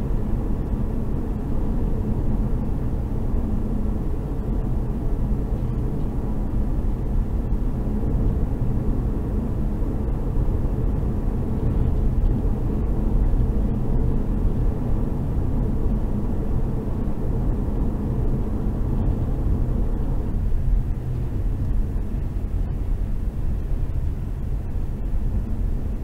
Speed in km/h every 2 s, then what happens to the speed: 107, 107, 107, 107, 108, 108, 109, 109, 105, 103, 102, 102, 102.
0-14 steady at about 107. 14-26 slows to 102.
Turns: none.